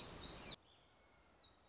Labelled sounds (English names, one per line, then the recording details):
Black-throated Gray Warbler
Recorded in Sonoma County, California